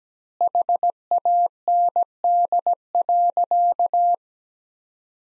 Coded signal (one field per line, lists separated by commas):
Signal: Morse code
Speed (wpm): 17 wpm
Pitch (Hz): 700 Hz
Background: none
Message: HAND.